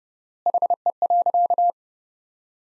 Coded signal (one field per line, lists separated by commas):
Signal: Morse code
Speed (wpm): 30 wpm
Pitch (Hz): 700 Hz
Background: none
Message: HE.